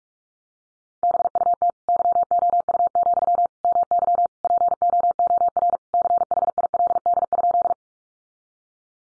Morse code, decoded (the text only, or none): BUT YOU, MY POOR CHILD?